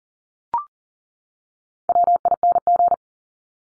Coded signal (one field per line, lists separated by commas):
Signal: Morse code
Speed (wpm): 40 wpm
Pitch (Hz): 700 Hz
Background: none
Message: WING